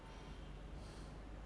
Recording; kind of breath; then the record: one breath in and out by a microphone near the nose and mouth; normal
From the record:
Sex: male